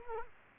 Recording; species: mosquito wingbeat signal from an infrared sensor; Culex quinquefasciatus